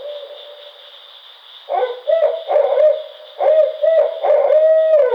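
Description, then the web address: Barred owl giving loud hoots in two bursts after a quiet opening, the last note long and slurred, with a steady high hiss behind. Recorded on 5 June 2009. "Barred Owl 2009 06 05 Barred Owl 01"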